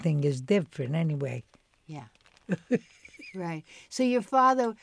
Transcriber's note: laughs